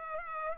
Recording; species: mosquito wingbeat signal from an infrared sensor; Culex pipiens